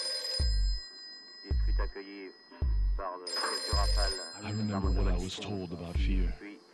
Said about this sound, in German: Es kommt vor, dass das Telefon klingelt. Es ist nicht unnütz, darauf zu warten, dass es klingelt. Ein Telefon dient dazu, zu klingeln.